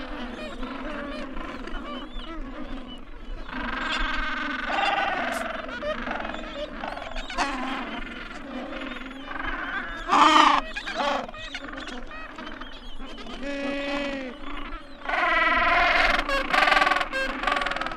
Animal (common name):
Gentoo Penguin